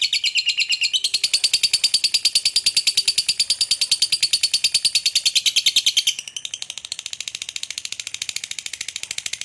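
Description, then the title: Lovebird pouring out a long run of fast, rasping chirps for about six seconds, then continuing more softly with quicker, thinner chatter. Lovebird shown calling skilfully to bait, or 'memancing', other birds into calling. "Dari Gayanya Lovebird Ini Terlihat Pintar Sekali Memancing"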